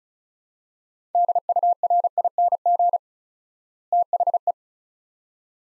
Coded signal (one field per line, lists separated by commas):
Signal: Morse code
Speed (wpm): 36 wpm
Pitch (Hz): 700 Hz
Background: none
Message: DURING THE